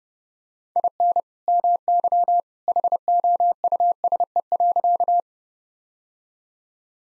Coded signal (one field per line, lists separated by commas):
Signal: Morse code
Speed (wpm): 30 wpm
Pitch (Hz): 700 Hz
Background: none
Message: IN MY HOUSE.